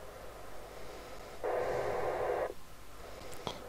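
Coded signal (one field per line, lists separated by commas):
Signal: packet radio (AX.25, as in APRS)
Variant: 9600 baud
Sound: radio hiss, then a one-second harsh rushing data burst, then hiss again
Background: radio static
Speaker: leave it on for a bit and then just uh as you can see yeah so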